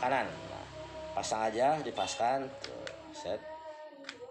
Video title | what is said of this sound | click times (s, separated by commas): Assembly airgun Glock19 classical gun non blowback co2 ( Rakit unit G19 NBB Part 2 ) | Tekan aja ini mudah ya. Nah, mudah tekan ini. Udah ngunci tinggal di | 4.1 s